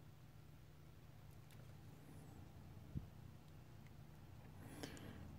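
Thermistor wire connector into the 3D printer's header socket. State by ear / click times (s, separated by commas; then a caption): not seated / none. A small plastic thermistor wire connector is turned around and pushed the other way into its header socket on a Wanhao Duplicator i3 V2 3D printer during a stud thermistor upgrade. Over a low steady hum there are only faint handling sounds, with a brief soft tap near 4.8 s. The connector has not clicked or seated.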